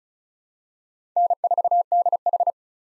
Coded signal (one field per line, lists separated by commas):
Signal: Morse code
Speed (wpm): 36 wpm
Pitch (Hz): 700 Hz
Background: none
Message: N4DH